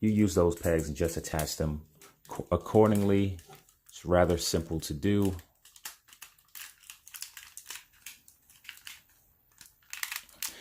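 A plastic accessory attachment is pressed onto the pegs inside a Hot Toys 1/6 scale Marvel Iron Man Mark L (50) Avengers Infinity War action figure. Someone talks for the first five seconds, followed by soft crinkly handling noises and a few faint sharp ticks near 7.2 s and between 9.9 and 10.4 s. No click has been heard yet, though the part ends up attached anyway without the expected click.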